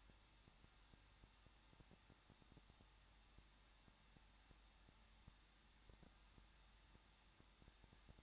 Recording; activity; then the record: daily activity, microphone in the room; no activity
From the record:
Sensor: 3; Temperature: 21.2 degrees Celsius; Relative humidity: 36.2%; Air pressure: 1006.5 hPa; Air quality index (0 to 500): 220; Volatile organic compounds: 39 ppm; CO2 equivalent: 3133 ppm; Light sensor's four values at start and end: 2/3/2/2 and 2/3/2/2